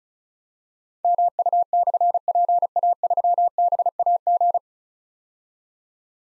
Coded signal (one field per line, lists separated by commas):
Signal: Morse code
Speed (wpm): 36 wpm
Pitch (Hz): 700 Hz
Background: none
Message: MU/PA3BAG